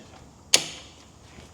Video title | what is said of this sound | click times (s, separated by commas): MAJOR TIME & AGGRAVATION SAVER ! Why Didn't I do this earlier? | until you hear that snap so now it's locked then | 0.5 s